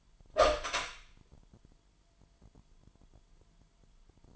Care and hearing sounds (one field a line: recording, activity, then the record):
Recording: daily activity, microphone in the room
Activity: open door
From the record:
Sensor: 5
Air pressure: 998.5 hPa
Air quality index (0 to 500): 82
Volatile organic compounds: 1 ppm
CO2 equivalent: 932 ppm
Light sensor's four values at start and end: 34/82/34/37 and 34/82/34/38